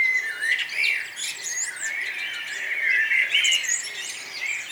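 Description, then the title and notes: Several birds singing at once, a continuous chorus of chirps, whistled notes and quick twittering trills with no pause. Morning atmosphere at Nonnenhorn, 10 May 2009, 04:24; birdsong and twittering. "nonnenhorn, morgenstimmung, vögel. vogelgesang, vorgelgezwitscher"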